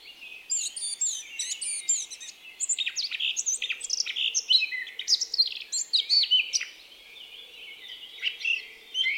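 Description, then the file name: Eurasian blackcap song, a dense run of varied chattering and whistled notes, with a quieter stretch near the end. "Sylvia atricapilla"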